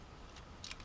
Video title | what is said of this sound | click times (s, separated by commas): (FR) Voyager SHOCKWAVE review (Transformers Dark of the Moon) | appuyer comme ça ça se clipse et là ça tient enfin là | 0.7 s